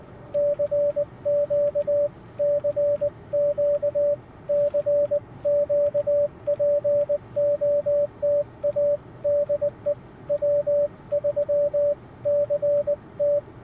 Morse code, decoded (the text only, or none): CQ CQ CQ POTA DE W3CT